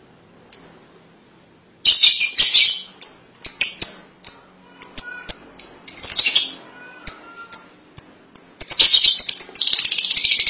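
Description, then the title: Lovebird: after a single chirp and a pause, a lovebird breaks into a mix of sharp high chirps and shrill chattering bursts. "BM Suara Burung Lovebird"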